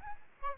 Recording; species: mosquito wingbeat signal from an infrared sensor; Aedes albopictus